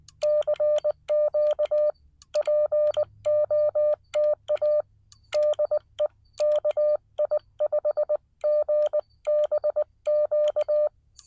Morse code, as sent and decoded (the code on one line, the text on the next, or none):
-.-. --.- / .--. --- - .- / -.. . / -.- .. ..... --. -... --.-
CQ POTA DE KI5GBQ